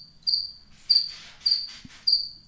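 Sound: cricket chirping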